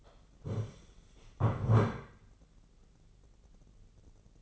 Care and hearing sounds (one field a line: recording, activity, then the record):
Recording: daily activity, microphone in the room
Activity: stand up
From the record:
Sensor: 4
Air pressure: 996.8 hPa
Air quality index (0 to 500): 240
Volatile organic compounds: 336 ppm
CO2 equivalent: 4556 ppm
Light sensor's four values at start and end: 45/110/45/45 and 45/110/45/45